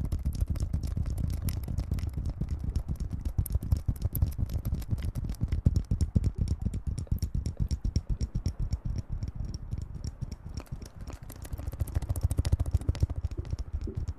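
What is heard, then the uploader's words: Rapid, dense clicking and tapping runs for the whole fourteen seconds, crisp ticks packed closely like fast typing or a rattle, over a steady low rumble. The clatter thins slightly around eleven seconds, then picks back up and grows busier toward the end. TimASMR - play with your ears.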